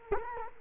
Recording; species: mosquito wingbeat signal from an infrared sensor; Culex quinquefasciatus